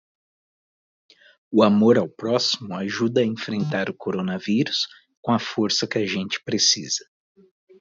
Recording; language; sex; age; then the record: spoken sentence; Brazilian Portuguese; male; 40 to 49 years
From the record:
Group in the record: control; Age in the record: 47 years